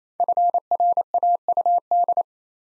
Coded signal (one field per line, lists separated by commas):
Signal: Morse code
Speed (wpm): 29 wpm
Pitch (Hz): 700 Hz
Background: none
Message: FRAUD